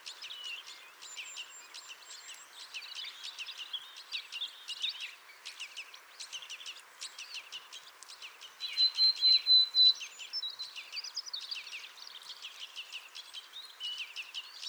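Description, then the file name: Willow tit calling: a rapid run of even, high whistled notes near the nine-second mark, set against a dense, busy chorus of other songbirds chirping throughout. Recorded 4 May 2014 on the Wank, near Garmisch. "Weidenmeise 04 05 2014 Wank GAR Michle Pron"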